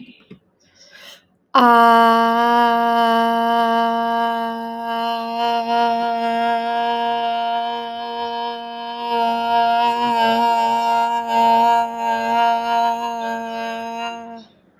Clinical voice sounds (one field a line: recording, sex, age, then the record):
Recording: vowel held as long as possible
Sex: female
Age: 30 to 39 years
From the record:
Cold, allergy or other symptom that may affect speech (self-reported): no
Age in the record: 30 years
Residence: Michigan, United States